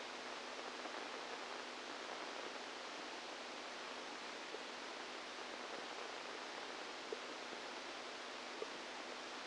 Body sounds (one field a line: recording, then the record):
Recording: brain microelectrode recording played as sound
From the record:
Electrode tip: outside the subthalamic nucleus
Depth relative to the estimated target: -8 mm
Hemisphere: right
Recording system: NeuroSet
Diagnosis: Parkinson's disease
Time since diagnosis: 10 years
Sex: female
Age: 45 years